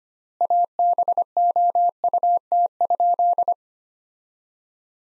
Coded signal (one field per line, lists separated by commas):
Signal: Morse code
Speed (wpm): 25 wpm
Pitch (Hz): 700 Hz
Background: none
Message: ABOUT?